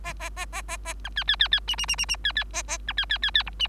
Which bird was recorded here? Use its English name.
Bengalese Finch